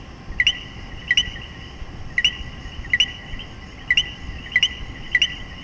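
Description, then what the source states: Common coquí two-note calls, short then rising higher, repeated several times with uneven gaps, backed by a steady shrill frog or insect chorus. Puerto Rico.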